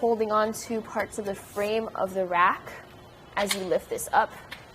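A woman talks while a loaded RockyMounts GuideRail platform bike rack for 3 bikes, on a hitch mount on a 2014 Toyota Prius v, is being handled and lifted from its tilted-down position back toward upright. The tilt latch has not snapped into place yet, and nothing has seated or clicked in this clip.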